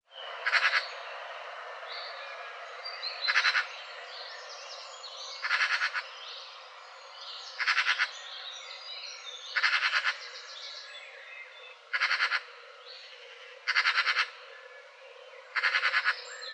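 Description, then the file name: Eurasian magpie calls: harsh, rattling chatter bursts, each short and broad, repeated every two seconds or so, eight bursts in all, over a faint steady hiss. "Pica pica"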